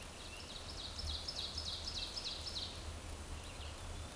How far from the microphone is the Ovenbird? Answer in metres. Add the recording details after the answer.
about 60 m. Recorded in a Pennsylvania forest on 17 May 2023 at 13:38. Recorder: AudioMoth, point grid1_3_low. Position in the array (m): 143 m, 68 m